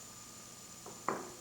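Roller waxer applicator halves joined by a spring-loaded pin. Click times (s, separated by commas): 1.1 s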